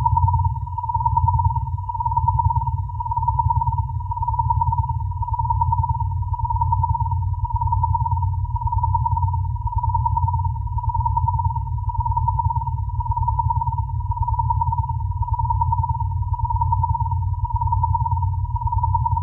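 Binaural beats: a steady low drone below about 150 Hz pulses in slow, even swells roughly every 0.7 seconds, joined by a thin, constant tone near 1 kHz that wavers in step. Level stays flat throughout, with no other sounds.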